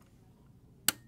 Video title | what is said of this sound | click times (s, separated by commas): JUKI TL COMMON USER ERRORS!! (LEARN WITH US) ( MECHANICAL MACHINE) | hear that click when you hear it click like that you know it's properly inserted | 0.9 s